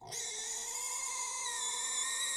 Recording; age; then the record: pig call; weaner (32 to 43 days)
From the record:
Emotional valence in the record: negative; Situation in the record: restrain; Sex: male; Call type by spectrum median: high-frequency call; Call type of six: high-frequency stable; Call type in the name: high-frequency stable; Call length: 2.5 s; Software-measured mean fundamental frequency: 263 Hz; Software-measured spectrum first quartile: 2964 Hz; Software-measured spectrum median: 5963 Hz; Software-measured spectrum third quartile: 7579 Hz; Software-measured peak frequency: 6951 Hz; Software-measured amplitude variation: 74 dB a second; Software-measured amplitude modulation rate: 29.8 a second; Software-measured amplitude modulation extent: 2.5 dB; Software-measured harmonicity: 2.2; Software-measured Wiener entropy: -2.16